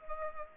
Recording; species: mosquito wingbeat signal from an infrared sensor; Culex pipiens